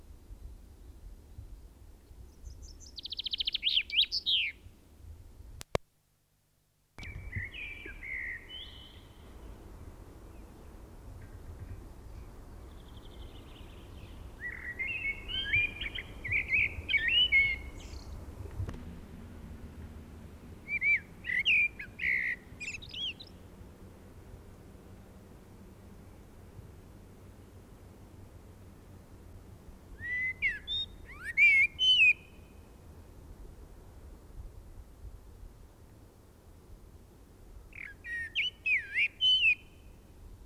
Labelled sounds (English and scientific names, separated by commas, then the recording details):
Common Chaffinch (Fringilla coelebs)
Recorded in the wild
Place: Ehrwald, Tirol, AT
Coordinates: 47.4, 10.9183
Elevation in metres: 980
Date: 1968-04-17
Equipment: Uher 4000, Sennheiser MKH 405, Parabolreflektor
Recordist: Tretzel, Erwin